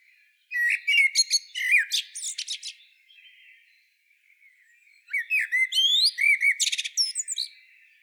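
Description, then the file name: Common blackbird song: two phrases of fluted, slurred notes mixed with high squeaky twitters, separated by a short pause of near quiet. "Turdus merula"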